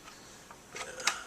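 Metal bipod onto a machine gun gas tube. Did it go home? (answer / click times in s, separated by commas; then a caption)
yes / 1.1 s. A metal bipod is slid over the gas tube of an M60E4 machine gun and pushed in at the front, a tight fit, as part of a conversion kit install. Quiet sliding and scraping builds from about 0.8 s, then a sharp click at 1.1 s marks the bipod seating onto the gas tube.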